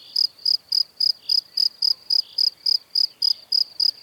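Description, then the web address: Cricket producing bright pulsed chirps about every quarter second, evenly spaced. "Kurs PTTK Przyroda Ptaki Świerszcze"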